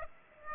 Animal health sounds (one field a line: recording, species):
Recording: mosquito wingbeat signal from an infrared sensor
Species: Aedes aegypti